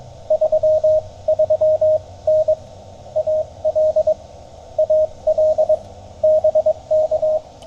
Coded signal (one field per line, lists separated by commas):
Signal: Morse code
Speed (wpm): 20 wpm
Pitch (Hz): 620 Hz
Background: radio noise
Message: 33N AL AL BK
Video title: Tennessee CW with a new-to-me FT-817 at US-2950 Henry Horton State Park!